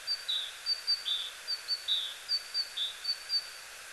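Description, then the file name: Great tit singing a steady run of high two-note phrases, a sharp higher note dropping to a lower one, several times in four seconds over faint steady hiss. "Parus major"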